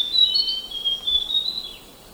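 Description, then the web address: Zimmer's antbird singing: a high, thin series of notes at a nearly steady pitch lasting under two seconds, then only quiet background hiss. Eastern lowlands of South America. "Natures Songs S America Eastern Lowlands. Zimmer's Antbird"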